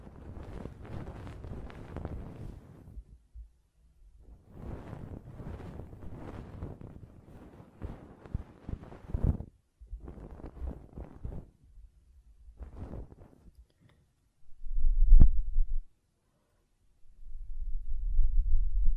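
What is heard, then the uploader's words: Ear cleaning and blowing: bursts of rough, rustling scraping come in clusters, with gaps of near silence around 3–4 and 11 seconds. Near the end, low muffled blowing rumbles in, with a sharp tap around 15 seconds and steadier blowing from 17 seconds on. ASMR Ear Cleaning and Blowing (No Talking).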